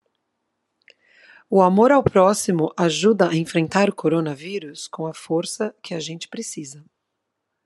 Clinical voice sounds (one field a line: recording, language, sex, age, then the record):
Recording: spoken sentence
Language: Brazilian Portuguese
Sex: female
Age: 40 to 49 years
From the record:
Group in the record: control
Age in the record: 40 years